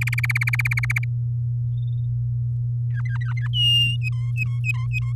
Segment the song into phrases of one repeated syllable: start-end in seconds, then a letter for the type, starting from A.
0.01-1.04 A, 2.91-3.47 B, 3.53-3.96 C, 4.01-5.13 D